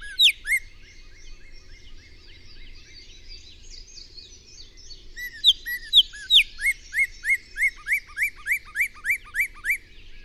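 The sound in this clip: Bird song of high, sharp chirped notes, a scattered varied phrase at first, then a rapid even series of downslurred chirps from about five seconds to the end.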